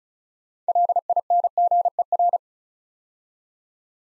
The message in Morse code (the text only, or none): LINGER